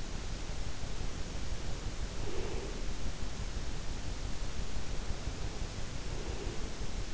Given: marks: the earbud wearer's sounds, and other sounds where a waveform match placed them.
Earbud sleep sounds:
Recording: sounds in sleep by an in-ear microphone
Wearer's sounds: breath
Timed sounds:
0.81-2.99 s: breath
4.77-7.14 s: breath

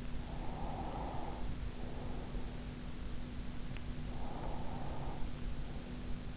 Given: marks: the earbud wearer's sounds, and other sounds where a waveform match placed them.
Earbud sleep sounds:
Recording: sounds in sleep by an in-ear microphone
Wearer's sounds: breath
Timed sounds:
0.30-2.51 s: breath
4.10-5.99 s: breath

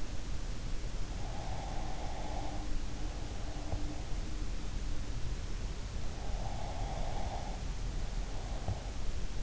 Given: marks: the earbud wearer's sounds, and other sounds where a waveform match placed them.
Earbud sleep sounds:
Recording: sounds in sleep by an in-ear microphone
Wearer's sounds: breath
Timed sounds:
1.25-4.51 s: breath
6.07-9.43 s: breath

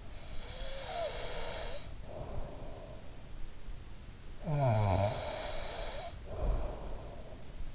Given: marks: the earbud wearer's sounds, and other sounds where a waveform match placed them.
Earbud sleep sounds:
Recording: sounds in sleep by an in-ear microphone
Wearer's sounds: breath, snoring breath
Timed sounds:
0.00-3.08 s: breath
4.22-7.48 s: snoring breath

